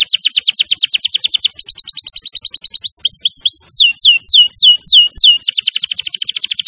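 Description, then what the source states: Canary trilling rapidly and evenly, breaking into a run of descending swept notes before returning to a quick rolling trill. Champion canary's song, used as a master recording for training other birds.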